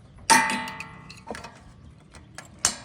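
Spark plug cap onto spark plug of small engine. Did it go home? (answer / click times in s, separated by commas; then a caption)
yes / 2.6 s. After the lead is routed under the throttle cable, the rubber spark plug cap is pushed down onto the spark plug terminal of a Briggs and Stratton engine on a Chinese mini excavator. A loud ringing knock at 0.3 s is followed by a few faint ticks and taps. A sharp click at 2.7 s marks the cap seating on the plug.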